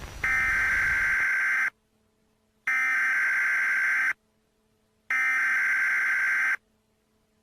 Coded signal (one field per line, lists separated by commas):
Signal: Emergency Alert System (SAME) tones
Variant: header bursts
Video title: EAS Scenario #10: Rockville Ripper (REQUEST)